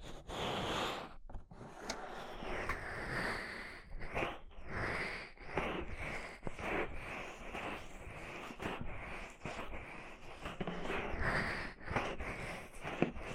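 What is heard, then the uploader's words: Deep ear treatment sounds: a dense, rustling scrape fills the whole clip, rising and falling slightly in strength. Brief silent gaps break it up every second or two, and soft breathy, sniff-like swishes run through the texture. ASMR Deep Ear Treatment for Sleep (No Talking).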